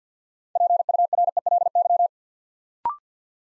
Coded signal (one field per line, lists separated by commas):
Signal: Morse code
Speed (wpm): 50 wpm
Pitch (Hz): 700 Hz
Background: none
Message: PURELY